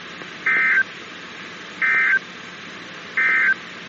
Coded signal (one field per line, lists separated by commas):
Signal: Emergency Alert System (SAME) tones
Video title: WE LIKE LATE TESTS! Usual weeklies as of 3/2/22 (EAS #61-62)